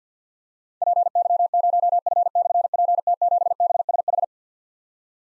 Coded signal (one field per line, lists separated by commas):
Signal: Morse code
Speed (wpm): 46 wpm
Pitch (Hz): 700 Hz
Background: none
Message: PY0F/PT7BSH